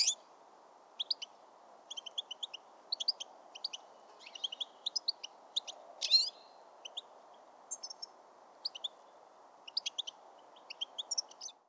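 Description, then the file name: European goldfinch calls: short, bright twittering notes in small clusters, repeated over a steady low background hum. "Carduelis carduelis"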